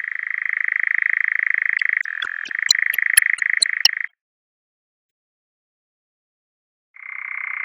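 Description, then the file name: European nightjar's even reeling churr, with sharp clicks over it in the middle, then a three-second silence before the churr starts again. "Eurasian Nightjar"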